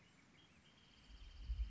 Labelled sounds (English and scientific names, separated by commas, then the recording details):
Wrentit (Chamaea fasciata)
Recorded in Sonoma County, California